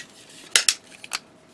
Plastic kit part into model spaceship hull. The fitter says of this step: in like so snap into place like so